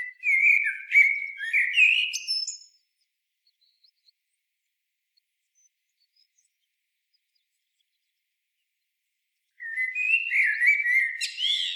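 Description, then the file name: Common blackbird song: two fluty warbled phrases, each ending in squeaky high twitters, separated by about seven seconds of silence. "Turdus merula"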